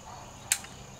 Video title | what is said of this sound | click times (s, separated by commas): TenPoint Viper S400 Crossbow Review Silence is Golden | There it goes. And you know you're locked into place. | 0.5 s